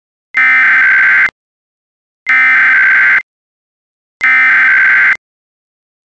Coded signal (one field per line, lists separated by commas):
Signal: Emergency Alert System (SAME) tones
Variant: header bursts